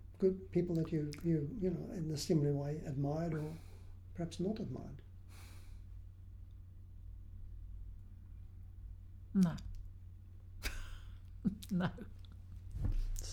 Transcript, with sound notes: good people that you — in a similar way, admired or perhaps not admired?
No [laughs] sorry.